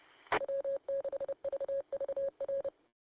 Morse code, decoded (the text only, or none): W6VVR